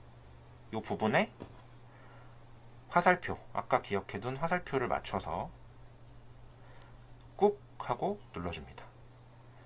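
An electronic board part is lined up by its arrow mark with the grooves of its mounting holder before being pressed home, while someone talks. Light ticks from handling are heard around 6.1, 6.5 and 6.8 seconds, but nothing has seated or clicked yet.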